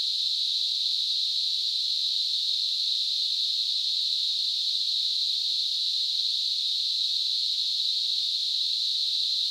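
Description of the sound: Simulated tinnitus: a steady, continuous hiss of narrow-band noise centered around 4 kHz, holding at an even level with no change throughout.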